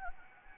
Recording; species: mosquito wingbeat signal from an infrared sensor; Anopheles gambiae